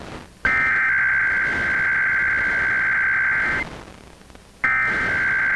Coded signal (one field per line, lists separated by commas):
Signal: Emergency Alert System (SAME) tones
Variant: header bursts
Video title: IPAWS Weekly Test (10/18/21)(EAS 957)